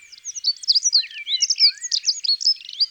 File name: Accenteur mouchet ABC des chants doiseaux